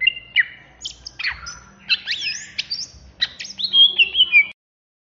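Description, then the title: Greater green leafbird song, varied loud whistles, squeaky chirps and sliding notes in a fast jumbled run. Banyuwangi variety, singing agitated and fired up (ngentrok ngamuk). "Cucak Hijau Banyuwangi Ngentrok Ngamuk"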